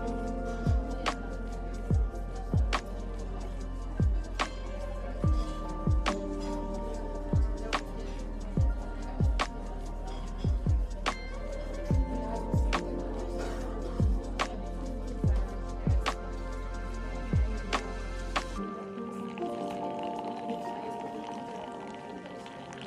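Coffee shop ambience with music playing: a steady thumping beat lands roughly every second over a low bass tone and a dense murmur of sustained tones. Near the end the beat and bass drop out, leaving a thinner, softer background.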